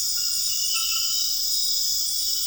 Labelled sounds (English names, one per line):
none